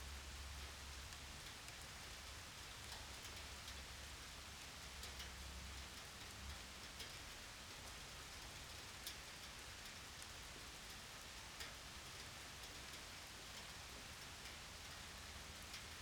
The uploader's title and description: Rain Sounds. My attempt at recording a thunderstorm at my home.